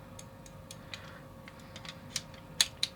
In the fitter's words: Alright, nice positive clicking sound.